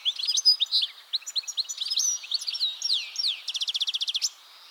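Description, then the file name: European goldfinch giving liquid twittering calls of quick slurred chirps, ending in a fast evenly repeated series of sharp notes. "Carduelis carduelis"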